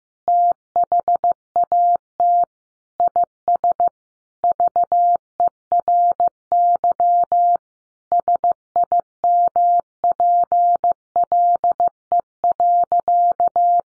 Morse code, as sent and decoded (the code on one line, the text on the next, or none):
- .... .- - / .. ... / ...- . .-. -.-- / ... .. -- .--. .-.. . .-.-.-
THAT IS VERY SIMPLE.